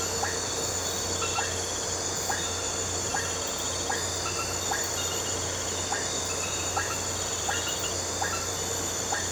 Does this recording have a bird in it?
no